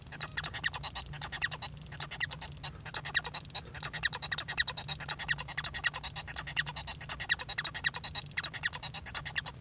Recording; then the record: song of a male Bengalese finch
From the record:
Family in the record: son of father 1